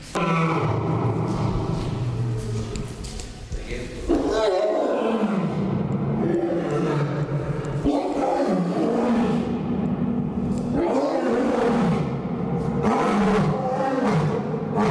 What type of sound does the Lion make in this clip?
call